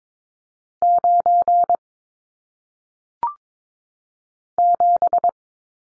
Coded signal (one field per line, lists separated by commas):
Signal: Morse code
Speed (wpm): 22 wpm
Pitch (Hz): 700 Hz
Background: none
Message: 9 7